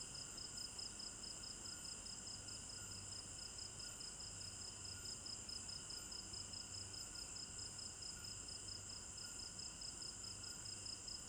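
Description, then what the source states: Crickets chirping steadily in high rapid pulses over a constant insect drone, with a faint low hum underneath. Recorded at night in a village garden in Africa; binaural stereo recording.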